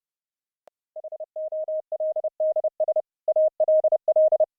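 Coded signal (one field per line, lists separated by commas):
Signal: Morse code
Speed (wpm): 32 wpm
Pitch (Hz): 620 Hz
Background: none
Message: HOLDS ALL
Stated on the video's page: CW audio passed between operators online through a Raspberry Pi server using the Opus codec, not over radio.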